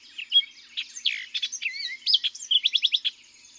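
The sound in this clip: Orchard oriole song, a continuous rush of slurred whistles, downward swoops and a quick run of repeated chips near the end, over faint background birdsong.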